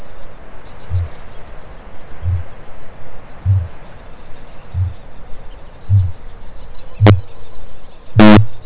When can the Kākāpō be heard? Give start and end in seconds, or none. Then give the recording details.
0.77-6.46, 6.72-8.61. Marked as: faintness 2/5, faintness 1/5. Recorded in New Zealand. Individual Stumpy